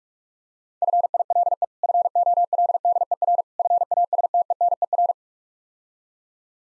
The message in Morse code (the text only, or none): FILE FOLDER FASTENER